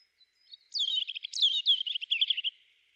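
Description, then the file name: European robin singing one high, fast, twittering phrase of thin warbled notes lasting nearly two seconds, then silence. "Erithacus rubecula"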